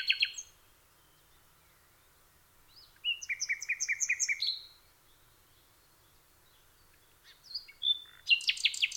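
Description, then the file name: Common nightingale song with a short opening note, silence, a rapid repeated trill of paired notes, then whistles and a final fast rattle. "nachtegaal"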